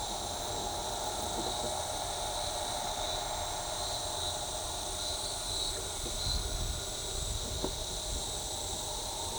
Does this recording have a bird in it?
no